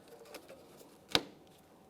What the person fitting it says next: We have an audible click.